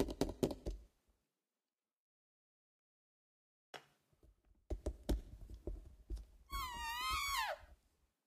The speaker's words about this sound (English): Oh, there goes my pop filter.